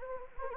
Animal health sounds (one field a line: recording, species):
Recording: mosquito wingbeat signal from an infrared sensor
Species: Anopheles gambiae